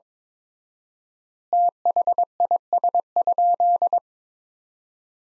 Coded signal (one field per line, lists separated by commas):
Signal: Morse code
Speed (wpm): 22 wpm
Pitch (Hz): 700 Hz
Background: none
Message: THIS?